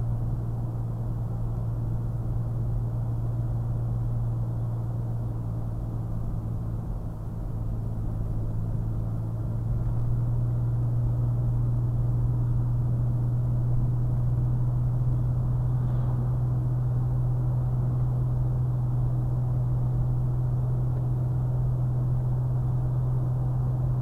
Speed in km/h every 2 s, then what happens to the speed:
61, 61, 61, 58, 58, 60, 63, 63, 64, 64, 66, 68.
0-7 steady at about 61. 7-24 speeds up to 68.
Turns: 4-13.